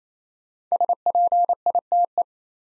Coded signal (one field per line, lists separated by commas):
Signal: Morse code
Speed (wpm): 27 wpm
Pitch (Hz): 700 Hz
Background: none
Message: SPITE